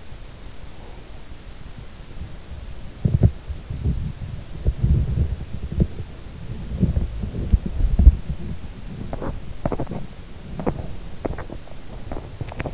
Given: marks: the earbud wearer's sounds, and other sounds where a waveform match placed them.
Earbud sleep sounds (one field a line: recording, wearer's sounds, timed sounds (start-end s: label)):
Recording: sounds in sleep by an in-ear microphone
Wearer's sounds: body movement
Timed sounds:
2.87-12.74 s: body movement